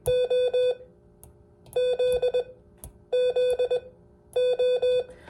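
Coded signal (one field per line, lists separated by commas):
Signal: Morse code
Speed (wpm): 20 wpm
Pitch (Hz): 500 Hz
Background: none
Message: O Z Z O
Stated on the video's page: Beginner Morse code lesson covering the letters B, D, O and Z.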